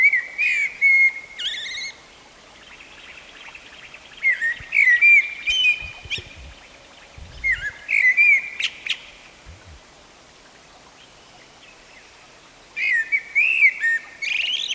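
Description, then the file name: Eurasian blackbird song: four separate phrases of rich, flute-like warbling, each finishing in thin, high twittering notes, with pauses of a few seconds between them. "Turdus merula"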